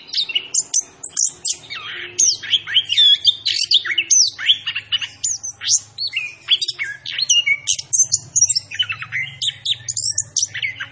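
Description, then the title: Orange-headed thrush song: dense, energetic sequence of sweeping whistles and chatter, hardly breaking throughout. Local name anis kembang; described as gacor, a bird singing persistently; variant called macan. "Anis Kembang Gacor 8. Suara Anis Kembang Macan"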